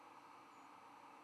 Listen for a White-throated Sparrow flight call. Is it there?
yes